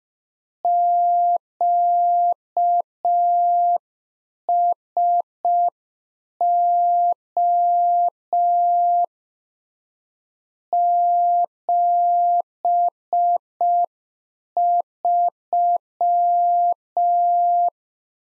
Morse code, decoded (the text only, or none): QSO 73